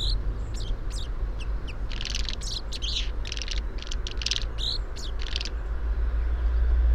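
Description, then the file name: Common chaffinch giving many quick sharp chips over a low droning rumble that swells toward the end. "Fringilla coelebs"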